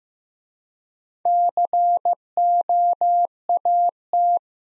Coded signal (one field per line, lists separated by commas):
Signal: Morse code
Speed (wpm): 15 wpm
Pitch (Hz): 700 Hz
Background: none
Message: COAT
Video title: Easy Words with Hints - 15wpm